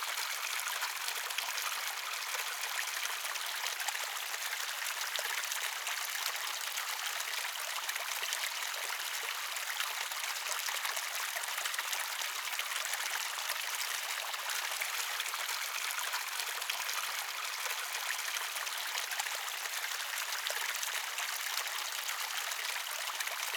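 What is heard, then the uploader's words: A stream flows steadily, its water making a dense, bright rushing hiss that never lets up across the whole stretch. The sound sits high, with fine fizzing detail and almost no low rumble, and no other sounds break through. Pure Flowing Stream Water.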